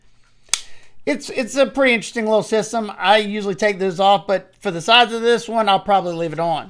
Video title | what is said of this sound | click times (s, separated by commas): Spectacular New Knives and EDC Gear That You Need To See | it'll lock into place wherever you wherever you let go of that button | 0.5 s